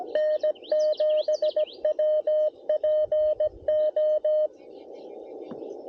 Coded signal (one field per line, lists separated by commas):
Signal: Morse code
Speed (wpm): 21 wpm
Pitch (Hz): 620 Hz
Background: music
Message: N7WPO